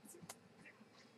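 A plastic cap or tip is pushed back onto a refilled e-cigarette tank. One sharp snap is heard at 0.3 s over a quiet background, and the cap is seated.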